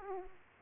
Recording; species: mosquito wingbeat signal from an infrared sensor; Aedes aegypti